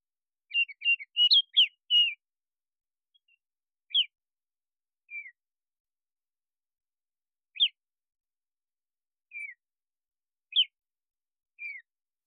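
Baltimore oriole whistling a quick run of flute-like notes, then single clear slurred whistles spaced roughly every one to two and a half seconds against a silent background.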